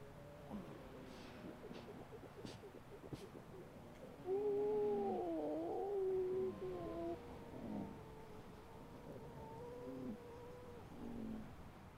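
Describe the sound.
Grey seal wails: quavering, wavering moans that bend up and down, with a louder cluster of twisting tones in the middle over a quiet background hiss.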